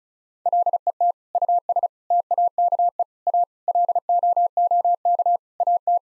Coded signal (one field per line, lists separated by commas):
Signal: Morse code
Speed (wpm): 36 wpm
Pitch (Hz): 700 Hz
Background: none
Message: LET US TAKE A LOOK AT